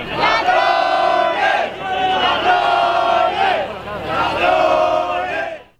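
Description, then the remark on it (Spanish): A sparsely attended protest crowd chants in Spanish in unison, loud and rhythmic, shouting phrases such as "¡No son recortes! ¡Es lucha de clases!" rising and falling in a repeating cadence over a dense murmur of many voices. “Sin embargo, esta manifestación no tuvo tanto éxito de convocatoria como las que la precedieron.”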